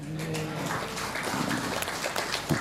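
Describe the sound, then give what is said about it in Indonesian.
A crowd applauds with steady, dense clapping that stays at an even level for a couple of seconds, with a few scattered louder claps standing out. “Seneng aku, nek terima tepuk tangan kabeh ya iso.”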